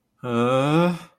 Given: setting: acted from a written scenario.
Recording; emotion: vocal sound without words; distress